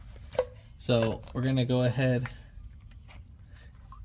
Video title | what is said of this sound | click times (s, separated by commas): 2012 Ford F250 6.7L Fuel Filter - Water Separator Filter Replacement | this nipple goes inside and gets clipped in on the actual housing | 0.4 s